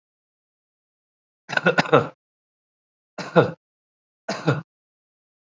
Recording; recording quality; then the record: shallow voluntary cough; excellent, no background noise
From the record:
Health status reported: COVID-19 positive, no symptoms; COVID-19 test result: positive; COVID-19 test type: RT-PCR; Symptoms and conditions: ischaemic heart disease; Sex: male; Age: 45 years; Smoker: yes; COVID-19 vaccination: one dose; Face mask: worn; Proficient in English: no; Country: India